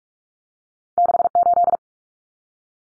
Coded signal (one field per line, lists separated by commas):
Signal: Morse code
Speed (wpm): 44 wpm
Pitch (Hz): 700 Hz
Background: none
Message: 68